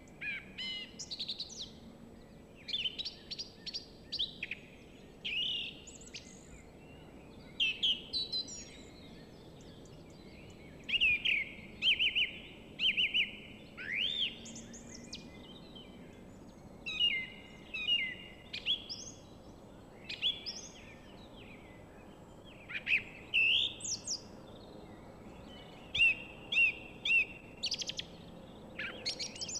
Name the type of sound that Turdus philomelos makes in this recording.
song